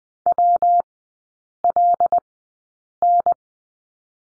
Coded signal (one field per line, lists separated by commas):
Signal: Morse code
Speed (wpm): 20 wpm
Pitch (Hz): 700 Hz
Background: none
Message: WLN